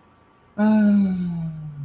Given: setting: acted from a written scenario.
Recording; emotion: vocal sound without words; serenity